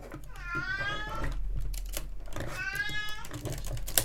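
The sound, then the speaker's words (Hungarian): An old cat gives two drawn-out, wavering meows, each rising and falling in pitch, separated by a short pause, over a steady low hum and faint clicking in the background. “Senkit ne tévesszen meg a cicának a nyávogása, nincsen semmi baja a cicának, csak nyűgös.”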